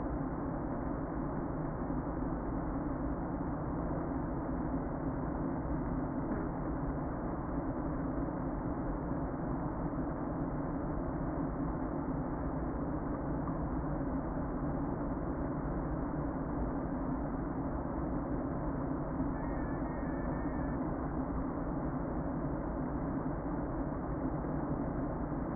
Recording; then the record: honeybee colony, microphone inside the hive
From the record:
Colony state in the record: queen present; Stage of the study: before two queens were removed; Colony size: about 60,000 bees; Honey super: yes